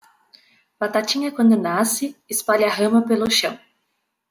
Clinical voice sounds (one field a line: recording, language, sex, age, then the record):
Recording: short text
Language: Brazilian Portuguese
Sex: female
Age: 20 to 29 years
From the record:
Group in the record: control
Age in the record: 26 years